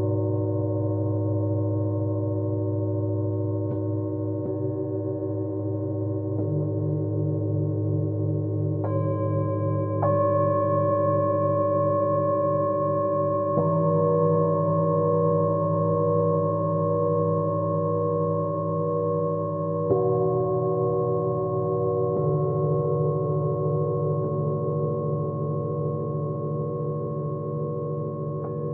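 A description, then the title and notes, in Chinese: Singing bowls ring in long, steady overlapping tones, with new strikes near 4, 9, 10, 14, 20 and 22 seconds shifting the low humming pitches. 舒缓头脑不适频率432Hz丨颂钵。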